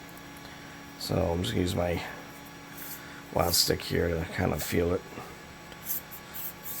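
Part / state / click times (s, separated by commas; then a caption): bolt into 3D printer hot-end bracket / not seated / none. Because the L wrench is stripped, a small metal bolt is guided with a stick into the threaded hole of a metal CR Touch probe bracket on an Ender 3 V2 3D printer's hot end, feeling for the thread so it can be lined up and started before tightening. Someone talks over a low steady hum, and nothing has seated or clicked yet.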